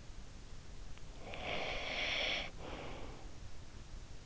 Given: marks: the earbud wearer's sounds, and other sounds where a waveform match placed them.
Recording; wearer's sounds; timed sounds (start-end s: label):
sounds in sleep by an in-ear microphone; breath
0.87-3.63 s: breath